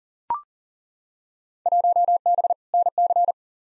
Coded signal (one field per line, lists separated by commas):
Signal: Morse code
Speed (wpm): 40 wpm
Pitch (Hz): 700 Hz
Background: none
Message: 1B NC